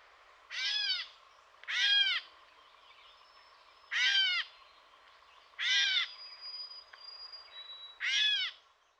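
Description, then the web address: Gray catbird giving five harsh, cat-like mewing calls, each arched and rich in harmonics, at irregular intervals over a quiet background. Eastern North America. "Dan Gibson Wildlife Identification By Sound, Eastern North America Pt 1. Catbird"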